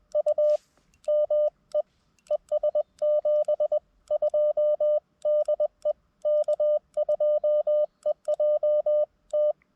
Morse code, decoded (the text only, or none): U ME ES 72 DE K2EJT